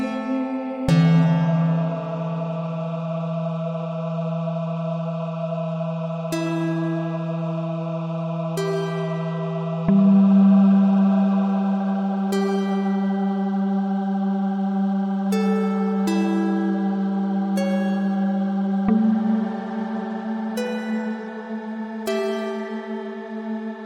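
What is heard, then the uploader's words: A steady low humming tone holds throughout, shifting slightly higher near ten and nineteen seconds, while soft flute notes enter every few seconds above it. Binaural Beats + Healing Flute. 852 Hz +528 Hz.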